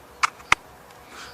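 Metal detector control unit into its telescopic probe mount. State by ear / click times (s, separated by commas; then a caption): seated / 0.5 s. The touchscreen control unit of a metal detector is slid into the stand on its telescopic probe until it latches. A sharp click at 0.2 s precedes the louder latch click at 0.5 s. The unit is seated as one complete piece.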